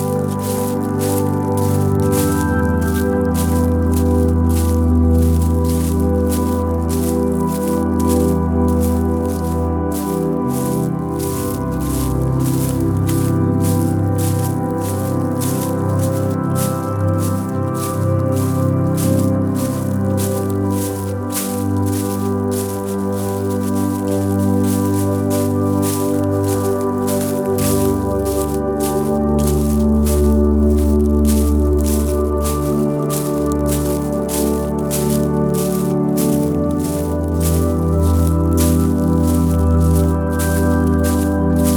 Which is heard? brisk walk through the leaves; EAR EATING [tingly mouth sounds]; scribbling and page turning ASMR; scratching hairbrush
brisk walk through the leaves